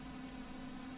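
A plastic model kit part is popped onto its joint on an HG Destiny Gundam build, giving a short, bright click at 0.3 s over a steady low hum. The part clicks home and seats nice and firm.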